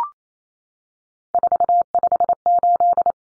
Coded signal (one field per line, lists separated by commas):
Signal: Morse code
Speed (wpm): 28 wpm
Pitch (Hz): 700 Hz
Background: none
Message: 458